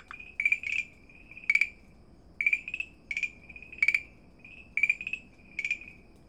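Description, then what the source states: Farmland green treefrog: sharp clicking notes trailing into short tonal buzzes, singly or in small clusters with short pauses between. Recorded at Dalin on 30 May 2009.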